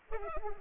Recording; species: mosquito wingbeat signal from an infrared sensor; Culex pipiens